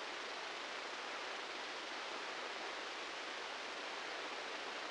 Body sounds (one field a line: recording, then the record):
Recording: brain microelectrode recording played as sound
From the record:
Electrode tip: outside the subthalamic nucleus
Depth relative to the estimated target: -4 mm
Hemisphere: right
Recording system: NeuroSet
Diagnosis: Parkinson's disease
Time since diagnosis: 19 years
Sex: female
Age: 69 years